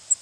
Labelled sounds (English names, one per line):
Cape May Warbler flight call